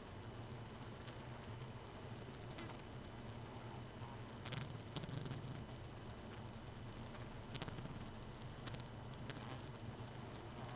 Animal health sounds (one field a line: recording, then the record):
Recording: honeybee colony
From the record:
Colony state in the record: missing queen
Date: 31 May 2018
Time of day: 2:38